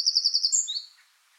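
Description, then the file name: Eurasian wren song fragment: a rapid, high, pulsing trill that switches to a thin whistled note and fades out within about a second. "Troglodytes troglodytes"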